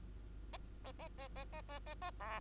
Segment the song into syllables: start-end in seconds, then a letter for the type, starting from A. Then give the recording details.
0.53-0.57 A, 0.84-0.92 A, 0.99-1.08 A, 1.18-1.28 A, 1.36-1.44 A, 1.53-1.61 A, 1.69-1.79 A, 1.86-1.95 A, 2.01-2.11 A, 2.20-2.40 B. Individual Bird2